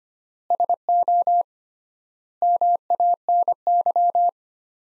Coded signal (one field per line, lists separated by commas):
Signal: Morse code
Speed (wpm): 25 wpm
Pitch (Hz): 700 Hz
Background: none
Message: SO MANY